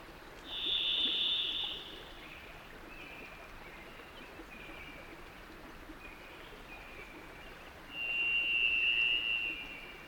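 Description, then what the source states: Varied Thrush giving two long, steady whistled notes, each held over a second, with fainter notes between them, over the sound of running water. Singing from a tall aspen above a marshy clearing with a rivulet, Cascade Mountains high country, mid-June thaw; whistles combine with the sound of running water.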